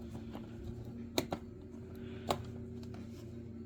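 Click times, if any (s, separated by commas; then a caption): 1.2 s, 2.3 s. A new headlight bulb for a Ford Focus is fitted carefully into its bulb holder over a steady low hum. Firm clicks sound at 1.2 s and 2.3 s, and the bulb is seated in the holder.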